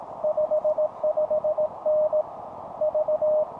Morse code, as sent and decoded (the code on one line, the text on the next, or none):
..... ..... -. / ...-
55N V